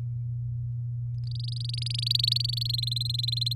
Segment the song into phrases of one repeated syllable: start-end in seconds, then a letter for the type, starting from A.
1.27-2.76 A, 2.78-3.54 B